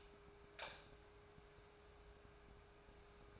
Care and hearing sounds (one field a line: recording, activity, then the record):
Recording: daily activity, microphone in the room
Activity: light off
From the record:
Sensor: 2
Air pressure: 1010.1 hPa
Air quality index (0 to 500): 159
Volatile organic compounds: 7 ppm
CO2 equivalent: 1991 ppm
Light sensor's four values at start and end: 43/109/48/53 and 39/94/42/47